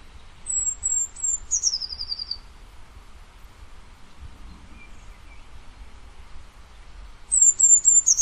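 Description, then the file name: Eurasian blue tit: a few very high thin notes sliding down into a quick, slightly lower trill, given twice with a quiet pause between, faint low rumble beneath. "Cyanistes caeruleus"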